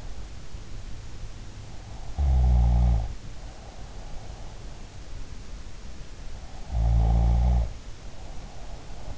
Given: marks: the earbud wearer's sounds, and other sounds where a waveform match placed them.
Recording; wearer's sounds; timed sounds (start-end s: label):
sounds in sleep by an in-ear microphone; snoring breath
2.17-4.69 s: snoring breath
6.43-9.18 s: snoring breath